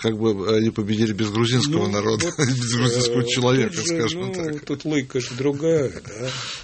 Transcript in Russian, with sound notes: Вот, как бы они победили без грузинского народа и без грузинского человека, скажем так? (смеется)
Ну, тут логика же другая, да?